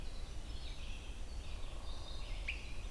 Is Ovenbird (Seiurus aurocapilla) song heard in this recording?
no